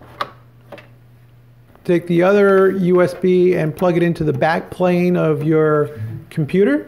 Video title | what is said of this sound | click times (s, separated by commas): CYBERPOWER 650VA UPS Truth and Lies | one kind of it goes to your UPS push it in until it clicks | 0.2 s